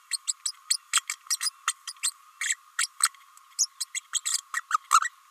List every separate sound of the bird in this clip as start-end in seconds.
0.11-0.17, 0.27-0.33, 0.45-0.52, 0.70-0.76, 0.93-1.00, 1.09-1.13, 1.42-1.49, 1.68-1.73, 1.87-1.92, 2.02-2.11, 2.41-2.56, 2.78-2.86, 3.02-3.09, 3.58-3.67, 3.80-3.85, 3.94-4.00, 4.13-4.20, 4.25-4.38, 4.54-4.60, 4.70-4.77, 5.00-5.09